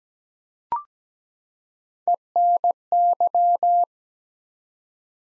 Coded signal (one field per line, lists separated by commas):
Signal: Morse code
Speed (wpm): 17 wpm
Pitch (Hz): 700 Hz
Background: none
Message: ENY